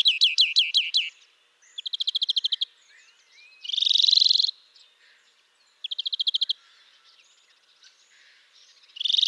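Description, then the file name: European greenfinch song: several sharp slurred chirps, a rapid trill, a drawn-out nasal wheeze, another quick trill, then the start of a new wheeze. "Chloris chloris"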